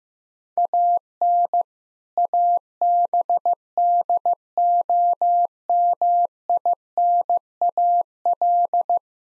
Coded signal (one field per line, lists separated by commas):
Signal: Morse code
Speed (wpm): 15 wpm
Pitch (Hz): 700 Hz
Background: none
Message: AN ABDOMINAL